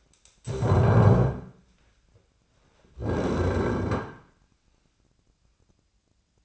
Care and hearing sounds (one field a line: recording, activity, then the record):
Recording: daily activity, microphone in the room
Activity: stand up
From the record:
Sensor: 2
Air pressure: 1009.1 hPa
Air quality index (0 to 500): 173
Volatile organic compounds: 2 ppm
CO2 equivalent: 1264 ppm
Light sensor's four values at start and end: 36/96/41/44 and 38/100/42/46